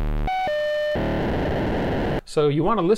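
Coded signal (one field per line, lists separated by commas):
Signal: POCSAG pager data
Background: speech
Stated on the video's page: POCSAG pager transmissions received with GQRX software radio on Linux.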